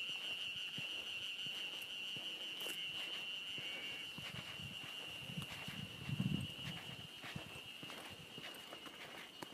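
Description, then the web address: Ezo harusemi cicada drone, strong and even at first and then softer, with footsteps and a brief low rumble midway. Recorded just short of Mount Tanzawa on 1 June 2015. "2015 06 01 エゾハルゼミ丹沢山手前"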